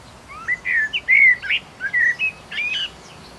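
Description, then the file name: Common blackbird song, a continuous run of short clear whistled notes, some sliding up or down, with a few squeakier high notes near the end; quiet background. "Turdus merula"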